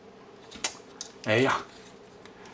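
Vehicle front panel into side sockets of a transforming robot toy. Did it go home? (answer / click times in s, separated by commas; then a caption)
yes / 0.6 s, 1.0 s. The front panel of a tin Transformers robot toy is folded back and pushed into two small sockets on the sides just below the headlights. Two sharp snaps at 0.7 s and 1.0 s mark it seating in both sockets, and then someone talks.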